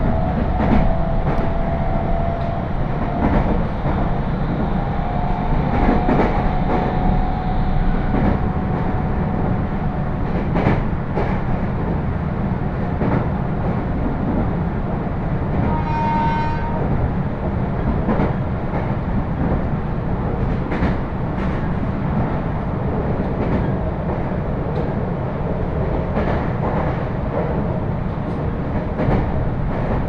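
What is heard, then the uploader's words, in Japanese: A ride aboard a Meitetsu Hiromi Line train from Inuyama to Shin-Kani, with a steady, dense low rumble of the running train throughout. Sharp clicks and knocks from the rails recur irregularly, and a brief high whine or squeal rises around the middle. 犬山から普通列車に乗り換えて新可児まで行きます。新可児までは複線区間なので単線のような行き違い停車はありません。鉄道旅 名古屋鉄道広見線 犬山→新可児。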